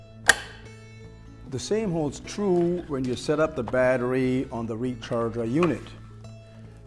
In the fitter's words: reinsert the battery just simply set it up on the guides and push it in until you hear the audible click